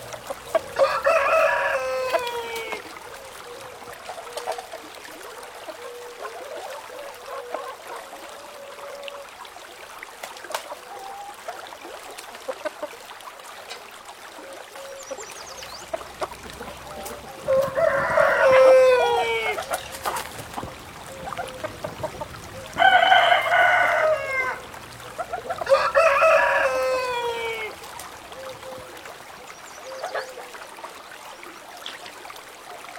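Roosters crow in a countryside setting, four long calls at about 1, 18, 23 and 27 seconds, each rising and then trailing off. Soft clucks and faint chirps fill the pauses, with a low hum starting around 15 seconds.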